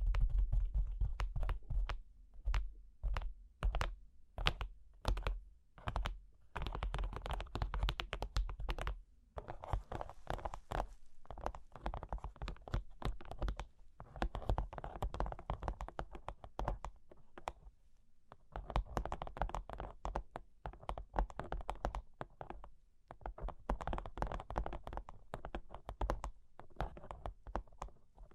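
Cork and wood tapped, scratched and traced by hand, in a busy run of sharp clicky taps with short gaps between. Softer scraping and rubbing fills the stretches between taps, and a low steady hum sits underneath throughout.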